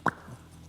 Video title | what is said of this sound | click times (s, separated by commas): The Packard That BEAT a Merc! - Full Custom Garage - Car Show | The whole idea with the two sides is that it just snaps into place. It's like pressure fit | 0.1 s